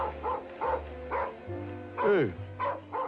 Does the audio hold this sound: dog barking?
yes